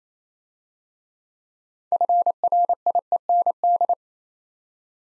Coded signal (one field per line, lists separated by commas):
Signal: Morse code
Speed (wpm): 27 wpm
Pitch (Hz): 700 Hz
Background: none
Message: FRIEND